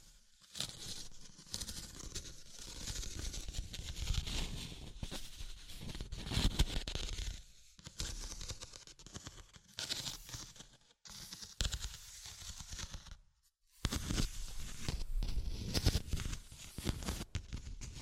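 Tapping, scratching and tracing sounds in dense, busy bursts with sharp clicks, pausing briefly near eleven and thirteen seconds before resuming.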